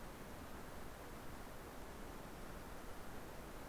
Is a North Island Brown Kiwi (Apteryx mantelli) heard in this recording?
no